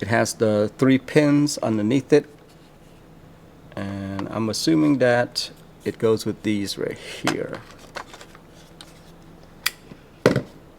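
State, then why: Seated. A plastic 8Bitdo Ultimate Bluetooth game controller is lowered onto its charging dock so its three pogo pins meet the dock contacts, after someone talks. A few faint clicks lead up to a sharp snap at 10.3 s, and the controller seats and stays in place.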